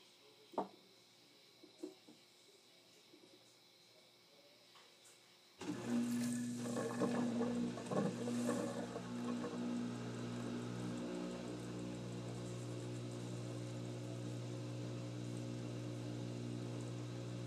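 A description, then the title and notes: A washing machine starts after a few soft knocks, jumping at six seconds into a steady low hum with churning and a whine on top. ASMR Washing Machine.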